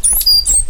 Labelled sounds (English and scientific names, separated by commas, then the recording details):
Stitchbird (Notiomystis cincta) song
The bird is a male
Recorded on Tiritiri Matangi Island, New Zealand, in 2005
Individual 8, of nest box 10